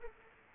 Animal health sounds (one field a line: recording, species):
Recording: mosquito wingbeat signal from an infrared sensor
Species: Aedes aegypti